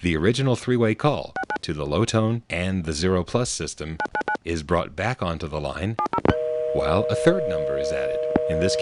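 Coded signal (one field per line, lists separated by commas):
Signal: DTMF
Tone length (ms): 70 ms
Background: speech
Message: 69 999 70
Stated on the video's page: Tones excerpted from demonstrations of software bugs in 1980s Centrex telephone switches.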